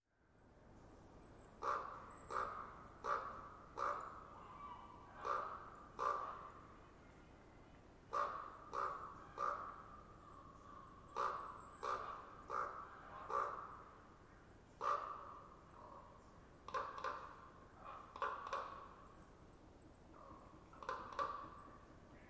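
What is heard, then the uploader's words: A raven calls repeatedly with short, hollow wonk and cluck notes, given in quick pairs and triplets that keep returning through the whole stretch. The calls sound midrange, separated by brief pauses, over a soft steady hush. Raven Wonk-and-Cluck.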